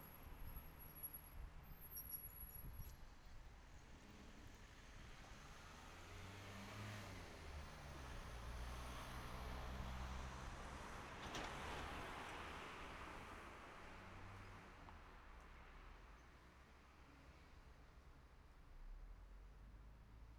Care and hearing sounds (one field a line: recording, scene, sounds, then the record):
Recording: everyday scene through a hearing-aid microphone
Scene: in traffic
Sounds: traffic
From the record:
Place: city secondary road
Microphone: behind the ear, right, front